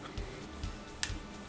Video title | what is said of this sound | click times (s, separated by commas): How To Extract Film Out Of A Canister : Getting 35 mm Film Out Of A Roll | when i hear that click i'm going to stop | 1.0 s